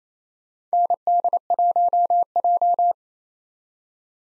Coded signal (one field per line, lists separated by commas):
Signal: Morse code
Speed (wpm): 28 wpm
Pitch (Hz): 700 Hz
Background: none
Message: ND1J